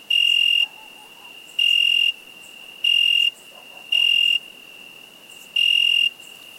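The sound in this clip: Cricket song of five high chirps at irregular spacing, over a steady faint high trill.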